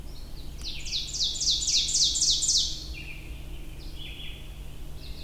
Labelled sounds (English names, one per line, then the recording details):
Ovenbird song
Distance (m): 15 m
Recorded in boreal forest in Alberta, Canada, on 23 June 2016 at 05:17
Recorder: SongMeter 3, array SBT-6-76
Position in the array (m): 139 m, 99 m
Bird 3